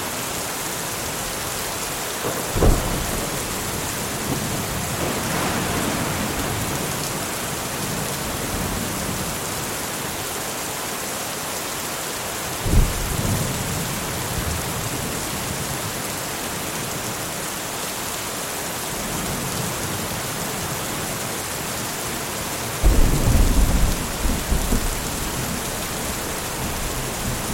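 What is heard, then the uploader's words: Steady, dense rain hisses across an open field in a thunderstorm, a constant bright wash with no pauses. Low rumbles of thunder roll in around 3, 5, 13 and 23 seconds, the last one nearer and louder, each swelling briefly before fading into the rain. Autumn Thunderstorm. A thunderstorm in an autumn field.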